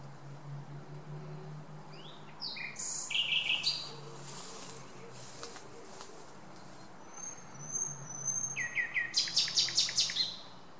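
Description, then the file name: Common nightingale song in short separated bursts: a few varied notes, a quiet thin whistle, then a fast series of sharp repeated notes; steady low hum throughout. "Luscinia megarhynchos"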